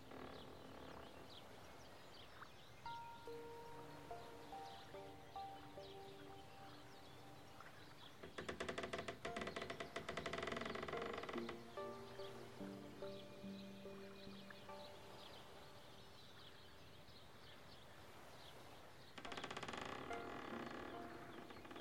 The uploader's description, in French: Au bord d'un lac Canadien bercé par les sons de la nature